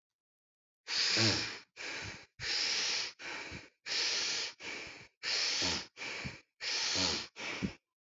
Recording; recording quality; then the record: shallow breathing; excellent, no background noise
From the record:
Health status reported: healthy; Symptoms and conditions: diabetes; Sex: male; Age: 54 years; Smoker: not ticked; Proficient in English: yes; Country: India